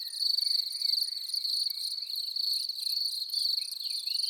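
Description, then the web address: Cricket song: a continuous high, shrill trill pulsing in rapid bursts, with faint lower chirping notes in the background. "annee nature les violons du grillon"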